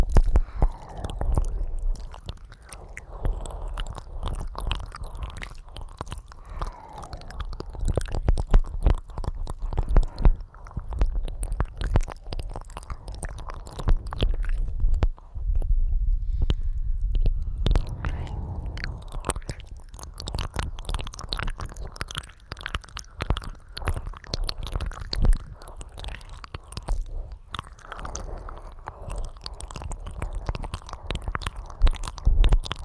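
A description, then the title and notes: Ear licking with wet, squishy mouth sounds and soft smacks running almost continuously for the whole 33 seconds. The texture is dense, low and muffled, with frequent small clicks and a brief quieter lull around 15 to 17 seconds. ASMR×黑3Dio. 耳舐め | Ear Licking.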